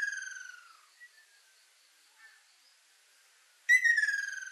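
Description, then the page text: Ruddy kingfisher calls: the tail of a falling trill, a couple of faint short notes, then a fresh loud descending trill beginning near the end. Ryukyu subspecies bangsi of ruddy kingfisher; recorded 29 April 2000. "ryuukyuuakashoubin. Halcyon coromanda bangsi. 000429"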